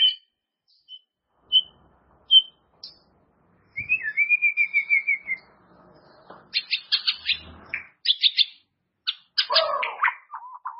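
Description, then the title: White-rumped shama with sparse high whistles, a drawn-out wavering trill, then bursts of buzzy, chattering notes and mellow descending whistles. "murai batu"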